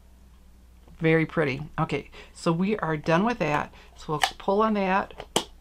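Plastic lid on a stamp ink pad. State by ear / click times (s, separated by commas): not seated / none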